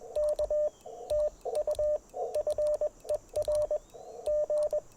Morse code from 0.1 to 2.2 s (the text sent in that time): K TU